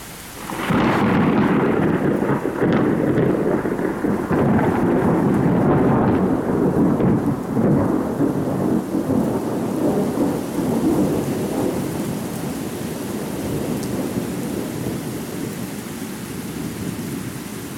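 Heavy, steady rain pours down for the whole stretch, a dense hiss layered over deep, rolling thunder that swells early on and slowly fades. No one speaks.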